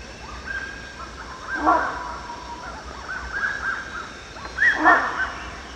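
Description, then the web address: Rhinoceros hornbill giving two gruff honking calls a few seconds apart, while other birds whistle steady level notes and insects hum throughout. Recorded at Danum on 1 January 2008. "DANUM 20080101. rhinoceros hornbill"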